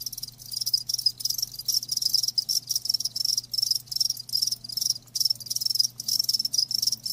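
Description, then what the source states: Cricket chorus of shrill pulsed chirps in repeated bursts with short pauses, over a soft low hum. Live crickets chirping, a lulling song.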